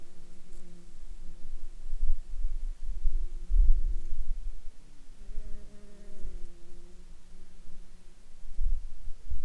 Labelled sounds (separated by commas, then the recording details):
insects
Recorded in Ivvavik National Park, Yukon, on 29 June 2019 at 21:22
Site SINP09